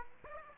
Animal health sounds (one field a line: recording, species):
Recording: mosquito wingbeat signal from an infrared sensor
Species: Aedes aegypti